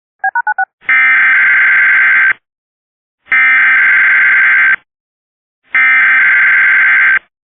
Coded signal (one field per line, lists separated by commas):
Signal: Emergency Alert System (SAME) tones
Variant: header bursts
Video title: RMT (EAS 95) (5 more EAS videos before the 💯 EAS)